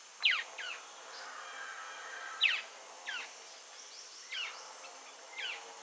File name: Cherrie's antwren